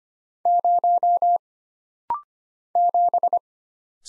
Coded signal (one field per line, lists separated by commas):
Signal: Morse code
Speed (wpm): 25 wpm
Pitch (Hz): 700 Hz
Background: none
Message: 0 7